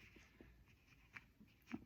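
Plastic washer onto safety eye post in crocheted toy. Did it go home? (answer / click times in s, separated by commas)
yes / 1.2 s, 1.7 s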